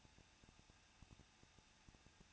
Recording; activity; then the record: daily activity, microphone in the room; no activity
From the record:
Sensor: 2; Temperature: 21.0 degrees Celsius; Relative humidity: 37.3%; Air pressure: 1006.3 hPa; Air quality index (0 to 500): 220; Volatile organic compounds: 23 ppm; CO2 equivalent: 2782 ppm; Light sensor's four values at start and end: 2/3/2/2 and 2/3/2/2